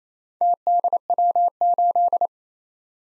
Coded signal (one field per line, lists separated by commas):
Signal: Morse code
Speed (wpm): 27 wpm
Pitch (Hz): 700 Hz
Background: none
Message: TDW8